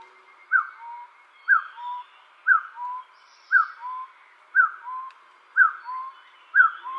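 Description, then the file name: Taiwan partridge giving steady repeated whistles, each a sharp falling note followed by a softer low rising one, roughly one per second, with faint background hiss. "台灣山鷓鴣"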